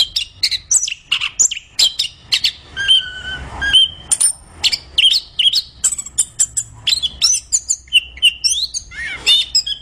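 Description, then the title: Orange-headed thrush singing busy, high-pitched phrases: steady whistles, clicking trills and buzzy notes repeated in quick bursts. Singing persistently in full voice, described as 'gacor'. "Anis Kembang Gacor"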